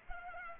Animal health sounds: mosquito wingbeat signal from an infrared sensor; Culex pipiens

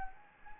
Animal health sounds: mosquito wingbeat signal from an infrared sensor; Anopheles gambiae

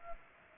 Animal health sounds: mosquito wingbeat signal from an infrared sensor; Culex pipiens

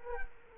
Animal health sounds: mosquito wingbeat signal from an infrared sensor; Culex quinquefasciatus

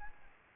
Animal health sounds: mosquito wingbeat signal from an infrared sensor; Aedes albopictus

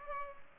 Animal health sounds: mosquito wingbeat signal from an infrared sensor; Culex pipiens

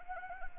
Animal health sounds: mosquito wingbeat signal from an infrared sensor; Anopheles arabiensis

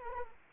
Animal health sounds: mosquito wingbeat signal from an infrared sensor; Anopheles arabiensis

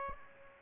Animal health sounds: mosquito wingbeat signal from an infrared sensor; Aedes aegypti

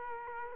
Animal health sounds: mosquito wingbeat signal from an infrared sensor; Culex quinquefasciatus

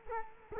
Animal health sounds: mosquito wingbeat signal from an infrared sensor; Culex quinquefasciatus

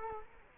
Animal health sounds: mosquito wingbeat signal from an infrared sensor; Culex quinquefasciatus

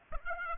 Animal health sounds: mosquito wingbeat signal from an infrared sensor; Aedes aegypti

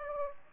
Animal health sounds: mosquito wingbeat signal from an infrared sensor; Aedes aegypti

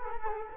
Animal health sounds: mosquito wingbeat signal from an infrared sensor; Culex quinquefasciatus

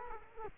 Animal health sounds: mosquito wingbeat signal from an infrared sensor; Culex quinquefasciatus

